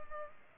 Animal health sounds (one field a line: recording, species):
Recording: mosquito wingbeat signal from an infrared sensor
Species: Culex pipiens